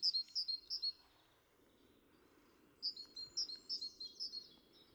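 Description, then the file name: Great tit giving two short bursts of repeated high-low double notes, separated by a quiet gap, over a steady soft background hiss. "Parus major"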